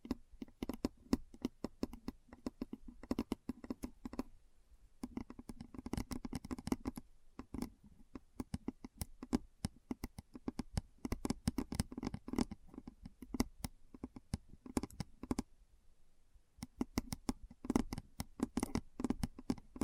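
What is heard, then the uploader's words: Keyboard sounds for ASMR: rapid, uneven clicks and taps of keys being struck, dense in bursts with brief pauses around 4–5, 7, and 16 seconds. Each keystroke is a short, crisp tick with a soft low thump beneath it. ASMR Keyboard Sounds (No Talking).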